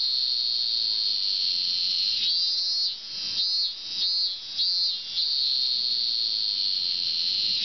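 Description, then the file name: Cicada song, an intense sustained high buzz that pulses and wavers briefly midway before settling back into a steady drone. "Singing cicada"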